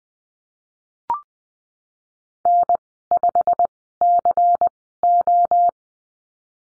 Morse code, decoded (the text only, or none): N5CO